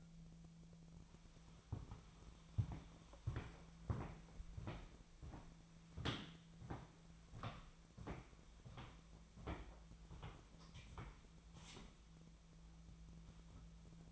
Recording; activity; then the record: daily activity, microphone in the room; walk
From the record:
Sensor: 1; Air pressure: 1008.2 hPa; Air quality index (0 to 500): 192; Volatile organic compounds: 17 ppm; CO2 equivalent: 2595 ppm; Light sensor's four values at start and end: 16/40/16/19 and 16/40/16/19